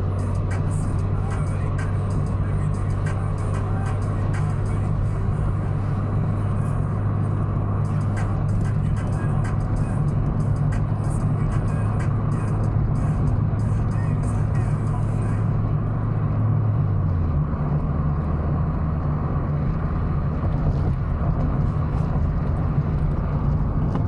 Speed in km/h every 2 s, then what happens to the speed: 64, 64, 66, 66, 67, 69, 69, 70, 71, 74, 76, 77.
0-24 speeds up to 77.